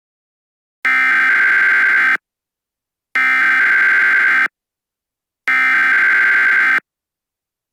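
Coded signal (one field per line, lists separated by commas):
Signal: Emergency Alert System (SAME) tones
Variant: header bursts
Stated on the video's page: Fictional EAS scenario, not a real alert.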